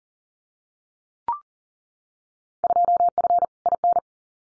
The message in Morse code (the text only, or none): 2F IN